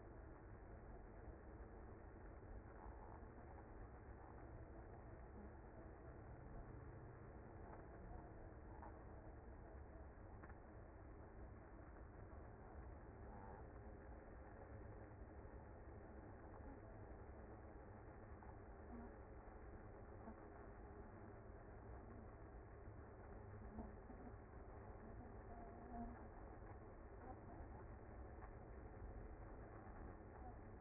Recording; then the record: honeybee colony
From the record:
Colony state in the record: active